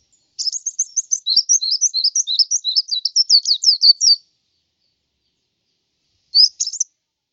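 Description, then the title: White-eye singing one long rapid run of sweet, high chattering notes lasting about four seconds, then a short second burst after a pause. "Suara burung pleci"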